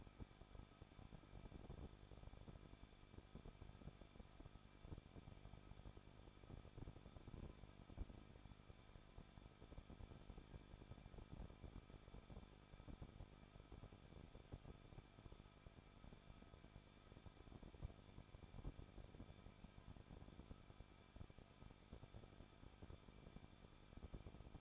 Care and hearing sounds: daily activity, microphone in the room; no activity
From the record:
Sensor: 5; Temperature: 20.8 degrees Celsius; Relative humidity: 38.4%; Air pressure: 1006.5 hPa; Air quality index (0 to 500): 190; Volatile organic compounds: 20 ppm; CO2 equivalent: 2675 ppm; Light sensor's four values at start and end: 2/3/1/1 and 2/3/1/1

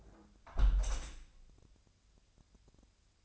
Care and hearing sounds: daily activity, microphone in the room; close window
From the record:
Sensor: 2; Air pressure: 1014.7 hPa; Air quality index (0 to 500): 80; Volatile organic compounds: 2 ppm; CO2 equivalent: 1053 ppm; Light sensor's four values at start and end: 8/19/8/8 and 8/19/8/8

